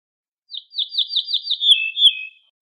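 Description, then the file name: Ortolan bunting song of five or six similar downslurred notes in steady rhythm, then a drawn-out lower ending note. "suara kicauan ortolan"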